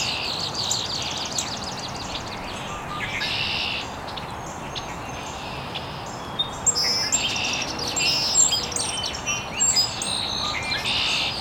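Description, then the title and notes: Several birds chirp and whistle in overlapping bursts, some short trills and higher notes later on, over continuous low hiss. Birds chirping very early in the morning in an estuary. "Birds Chirping in the Early Morning. Original sounds of birds chirping very early in the morning in an estuary"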